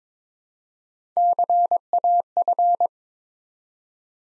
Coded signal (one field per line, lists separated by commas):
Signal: Morse code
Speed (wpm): 22 wpm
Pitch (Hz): 700 Hz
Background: none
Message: CAF